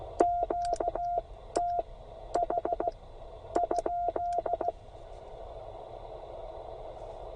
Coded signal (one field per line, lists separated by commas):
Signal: Morse code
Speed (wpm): 16 wpm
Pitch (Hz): 700 Hz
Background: none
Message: QTH?